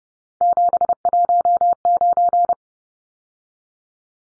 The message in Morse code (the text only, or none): 719